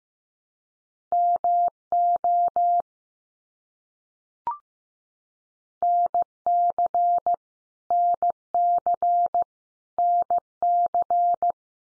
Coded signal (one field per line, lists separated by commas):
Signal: Morse code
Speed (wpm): 15 wpm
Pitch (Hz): 700 Hz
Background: none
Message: MO NC NC NC